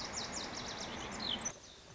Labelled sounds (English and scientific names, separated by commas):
Lazuli Bunting (Passerina amoena)